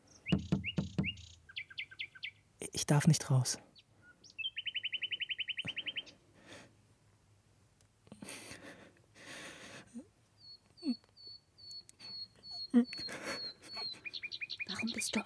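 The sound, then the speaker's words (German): Bright, high-pitched bird chirps and tweets come in rapid bursts and trills, including a buzzy rattling call and a repeated whistled series, with a short spoken line among them. “Schau, Thomas. Dein Vogel ist da.”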